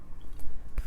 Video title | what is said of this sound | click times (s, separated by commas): Leatherman Super Tool: The Original *Locking* Multitool Pliers for Professionals | flexing flexing boom snaps into place and honestly it's | 0.8 s